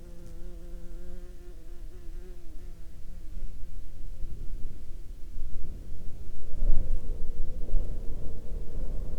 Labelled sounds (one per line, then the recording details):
wind
insects
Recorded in the Prudhoe Bay oil fields, Alaska, on 21 July 2021 at 11:17
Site 21